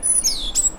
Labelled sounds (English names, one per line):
Stitchbird song